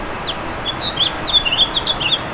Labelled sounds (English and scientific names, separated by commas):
House Finch (Haemorhous mexicanus) song